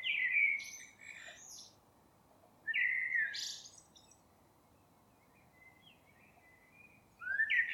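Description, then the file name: Eurasian blackbird giving short, rich whistled phrases topped with thin, high squeaky flourishes, separated by quiet gaps of a few seconds. "Turdus merula"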